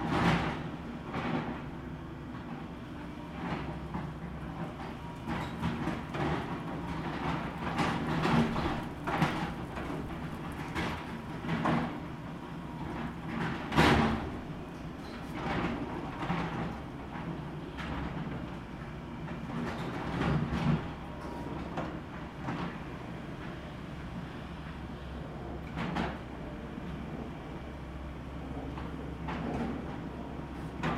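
Demolition work with a steady low rumble and frequent sharp knocks and scrapes, the loudest crash near fourteen seconds, others scattered throughout.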